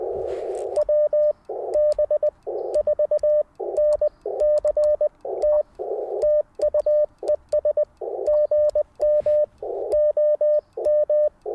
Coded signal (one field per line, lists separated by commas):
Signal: Morse code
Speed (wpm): 20 wpm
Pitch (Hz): 600 Hz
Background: none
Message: WB4NCT TU ES GM OM